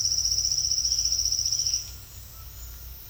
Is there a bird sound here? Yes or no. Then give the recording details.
no. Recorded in secondary vegetation near Puerto Asís, Putumayo, Colombia, on 8 March 2025 at 10:30. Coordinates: 0.498, -76.327. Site G001